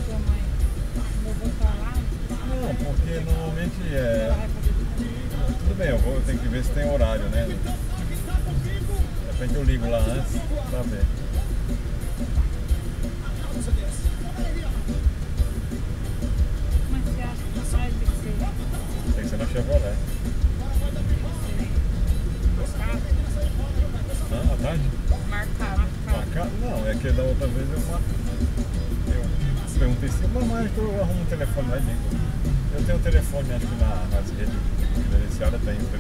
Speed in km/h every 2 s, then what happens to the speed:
42, 42, 42, 44, 44, 45, 44, 43, 45, 43, 44, 45, 47, 46, 48, 49, 50, 50.
0-36 speeds up to 50.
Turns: none.